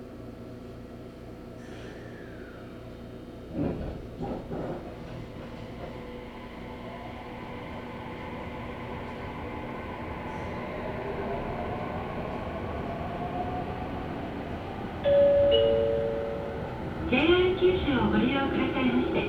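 A ride on the Sasebo Line from Arita toward Kitahō, with a steady low rumble of the train running throughout. Around four seconds a short knock sounds, the roar slowly builds, and from fifteen seconds on louder squeals and clattering tones rise over the noise.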